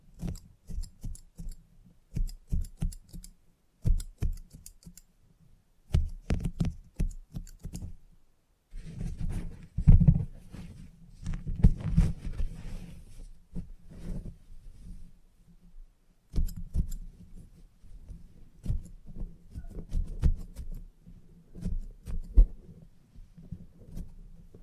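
Salon haircut sounds: quick bursts of scissor snips in the first eight seconds, then a steady low hum with rustling, and more irregular snipping after sixteen seconds.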